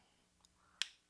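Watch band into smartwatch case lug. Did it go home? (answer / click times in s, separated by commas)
yes / 0.8 s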